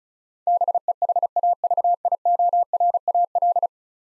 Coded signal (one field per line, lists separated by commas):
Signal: Morse code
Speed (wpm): 36 wpm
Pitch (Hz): 700 Hz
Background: none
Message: BEHAVIORAL